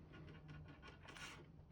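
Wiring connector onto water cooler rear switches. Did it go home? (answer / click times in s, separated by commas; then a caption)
no / none. A plastic wiring connector is being fitted back onto the rear switches of a Primo water cooler, a connector that fits only one way and should pop into place. Soft rubbing and scraping handling noises are heard over a steady low hum, with a brighter rasping burst near 1.1–1.4 s. Nothing has seated or clicked yet.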